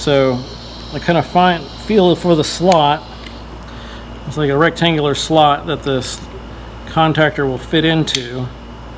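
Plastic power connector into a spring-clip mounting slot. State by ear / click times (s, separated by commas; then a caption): not seated / none. A plastic power connector is being guided by feel toward a rectangular spring-clip mounting slot, while someone talks over a steady low hum, with one brief sharp sound near 3.3 s. Nothing has seated or clicked yet.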